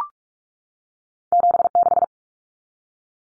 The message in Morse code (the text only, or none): 76